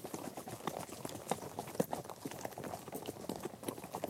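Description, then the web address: Quiet horse hoofbeats at a walk. Horses walking, recorded from the rider's perspective. "BBC Horses Walking"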